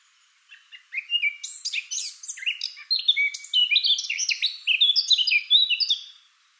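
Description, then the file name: Eurasian blackcap in full song: one continuous, fast warble of sweet, varied notes that jump between high and lower pitches over about five seconds. "Sylvia atricapilla"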